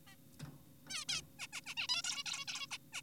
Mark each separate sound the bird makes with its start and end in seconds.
0.07-0.15, 0.90-1.05, 1.09-1.22, 1.39-1.47, 1.53-1.61, 1.66-1.75, 1.77-1.87, 1.89-2.02, 2.04-2.24, 2.26-2.45, 2.48-2.67, 2.71-2.78, 2.93-3.02